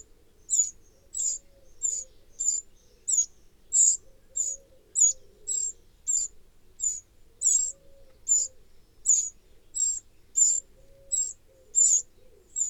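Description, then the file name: Eurasian wren calling in a long run of crisp, high tick notes, about every half second, over a quiet low hum. "Troglodytes troglodytes"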